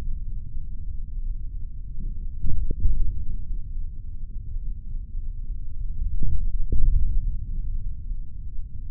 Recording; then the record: forearm muscle sounds (acoustic myography)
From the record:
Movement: index flexion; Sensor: system 3, bracelet of six PUI Audio POM-2738L microphones around the upper forearm, with dedicated amplification and filtering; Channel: 2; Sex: male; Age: 26 years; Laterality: right